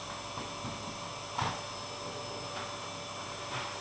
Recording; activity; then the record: daily activity, microphone in the room; vacuum cleaning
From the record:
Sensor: 1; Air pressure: 1007.7 hPa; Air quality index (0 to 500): 78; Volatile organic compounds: 1 ppm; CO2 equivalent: 677 ppm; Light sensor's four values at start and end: 9/22/9/10 and 9/23/9/10